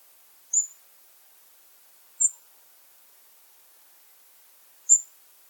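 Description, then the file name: European robin giving thin, very high-pitched short calls, three separate notes spaced a couple of seconds apart, otherwise silence. "Erithacus rubecula"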